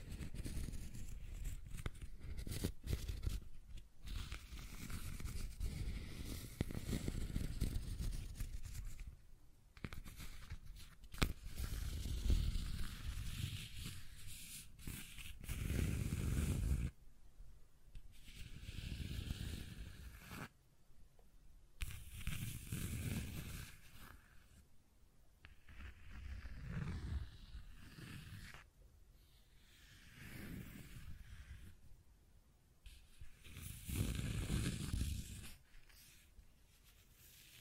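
Scratching and tracing strokes come in uneven bursts, rough low rubbing with hissy scrapes, separated by brief quiet gaps throughout.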